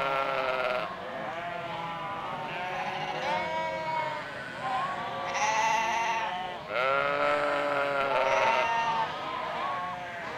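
Sheep bleating, a flock giving overlapping trembling bleats, several loud calls rising over a steady background of other sheep.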